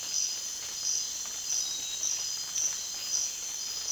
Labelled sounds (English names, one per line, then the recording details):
none
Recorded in dense forest near Puerto Asís, Putumayo, Colombia, on 25 June 2025 at 03:30
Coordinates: 0.466, -76.327
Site GP04